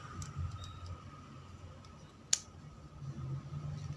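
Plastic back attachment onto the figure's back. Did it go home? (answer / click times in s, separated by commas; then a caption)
yes / 2.3 s. A plastic back attachment that holds the frame is pressed onto the back of a 1/10-scale Blokees Kamen Rider Kuuga Ultimate Form plastic figure. Soft handling noise and a faint steady hum lead up to one sharp, bright click at 2.3 s, followed by more quiet handling. The attachment locks into place.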